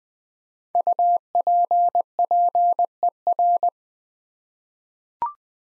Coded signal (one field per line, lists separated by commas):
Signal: Morse code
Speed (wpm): 20 wpm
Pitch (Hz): 700 Hz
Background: none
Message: UPPER